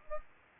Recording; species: mosquito wingbeat signal from an infrared sensor; Aedes aegypti